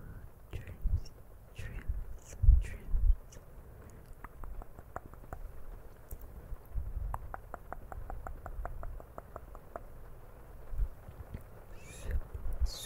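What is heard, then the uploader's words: Soft wet mouth sounds and clicks come in bursts through the first four seconds, with low thuds and rustles of the camera being touched. From about six to ten seconds a quick, regular run of tapping clicks follows, then more mouth sounds near the end. CAMERA TOUCHING E MOUTH SOUNDS.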